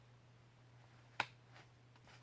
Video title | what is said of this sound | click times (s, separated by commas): LT Wright Jessmuk and Benchmade Bugout Sheaths | a really tiny click so pulling it out super easy and then putting | 1.2 s